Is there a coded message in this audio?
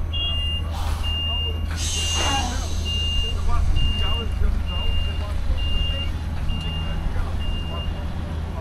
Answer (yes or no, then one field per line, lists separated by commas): no